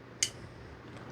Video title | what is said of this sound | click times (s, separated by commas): Easily One Of Their Best Knives Ever - Ketuo Triad TC | You can hear it click right into place. Nice and strong. | 0.2 s